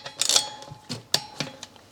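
A torque wrench set to 10 N·m tightens one of the six brake disc screws into the wheel hub while fitting a Beringer big brake kit. A cluster of sharp metallic ticks at about 0.2–0.4 s leads to the loudest, crispest snap at 1.1 s, where the wrench breaks at its setting, followed by softer ticks around 1.4 s. The screws were done up at only 10 N·m because they are small and get very hot.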